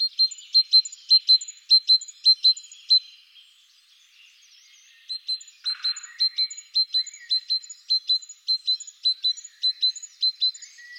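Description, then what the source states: Great tit song: crisp two-note phrases repeated quickly, a short lull, then a longer, steady run of the same phrase. Recorded in the Netherlands.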